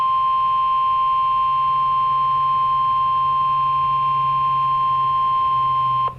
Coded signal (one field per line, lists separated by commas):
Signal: Emergency Alert System (SAME) tones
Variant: 1050 Hz attention tone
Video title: EAS #45 - Severe Thunderstorm Warning Jackson AL